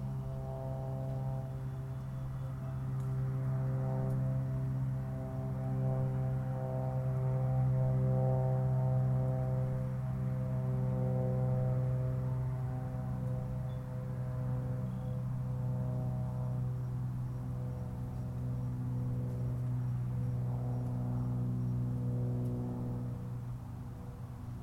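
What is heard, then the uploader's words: Golf course ambience at Palm Harbor, Florida, carried by a steady low engine-like drone with several stacked humming tones. The hum swells slightly in the middle and eases near the end, with faint ticks and rustles scattered over it. Golf Course, Palm Harbor FL.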